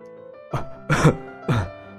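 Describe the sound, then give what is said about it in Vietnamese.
A man lying in a hospital bed gives three rough, throaty coughs in quick succession, the middle one loudest and longest, each a short burst of harsh noise over a faint steady background hum. “ho lên khụ khụ.”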